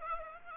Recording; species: mosquito wingbeat signal from an infrared sensor; Aedes aegypti